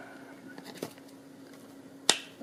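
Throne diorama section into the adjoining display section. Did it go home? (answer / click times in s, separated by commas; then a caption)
yes / 2.1 s. A plastic section of a 6-inch-scale jungle throne display for an action figure is pushed into the adjoining display section. Faint handling sounds lead up to a sharp snap at 2.1 s as the piece seats into place.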